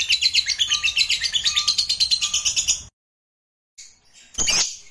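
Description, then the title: Lovebird song: a quick rhythmic chattering trill for nearly three seconds, a pause, then a brief harsh burst. "Suara Lovebird"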